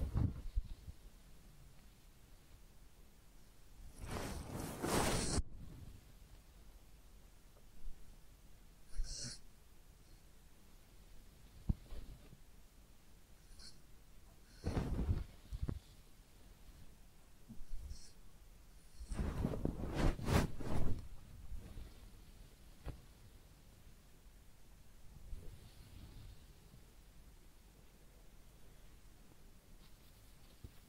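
Head massage and ear cleaning make scattered rustling scrapes and brushing bursts, strongest around five and twenty seconds, between long quiet gaps.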